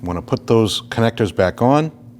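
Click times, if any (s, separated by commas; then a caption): none. An electrical connector is being handled to go back onto the MAP or oil pressure sensor under a 2014-2023 Jeep Cherokee during intake manifold replacement. Someone talks throughout, with a faint sharp tick at the very end at about 2.2 s. Nothing has seated or clicked yet.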